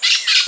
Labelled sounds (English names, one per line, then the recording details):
Brown-throated Parakeet contact call
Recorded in Venezuela
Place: Maracay, UCV-Agronomy campus
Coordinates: 10.278, -67.607